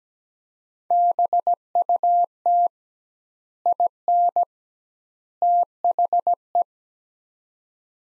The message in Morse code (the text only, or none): BUT IN THE